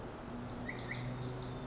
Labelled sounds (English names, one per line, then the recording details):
Pacific Wren
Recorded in Sonoma County, California